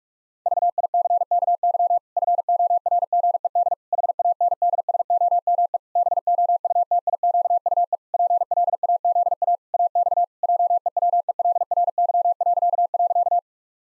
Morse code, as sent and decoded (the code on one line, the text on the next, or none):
...- .. -.-. -.- -.-- / ..-. --- .-. --. . -.. / .... .- -. -.. ... --- -- . / -... --- ..- - .. --.- ..- . / .--. .-.. .- --.. .- / .- -..- / .--- . .-- . .-.. .-. -.-- .-.-.- .-.-.-
VICKY FORGED HANDSOME BOUTIQUE PLAZA AX JEWELRY..